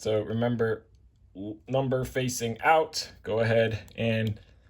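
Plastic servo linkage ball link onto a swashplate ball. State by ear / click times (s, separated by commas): not seated / none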